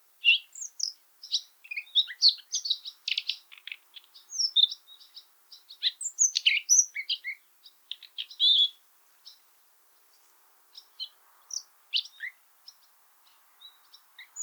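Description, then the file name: Common nightingale delivering a jumble of quick varied chirps, whistles and clicks in dense bursts, pausing briefly about two-thirds of the way through before scattered notes resume. "Luscinia megarhynchos"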